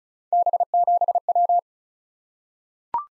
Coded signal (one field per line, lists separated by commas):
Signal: Morse code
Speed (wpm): 36 wpm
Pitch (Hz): 700 Hz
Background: none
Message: B7W